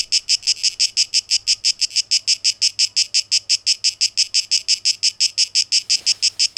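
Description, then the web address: Cicadas giving loud rasping pulses in a regular beat, with a brief soft thump near the end. Tape echo mix of cicadas; recorded 12 August 2023. "rauschpartikel 2023-08-12 Zikaden"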